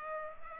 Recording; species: mosquito wingbeat signal from an infrared sensor; Culex pipiens